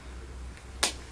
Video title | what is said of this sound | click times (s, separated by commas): Keep Your Oakley Fuel Cell Sunglasses looking New with Replacement Sunglass Lenses - Seek Optics | should hear that pop perfect | 0.8 s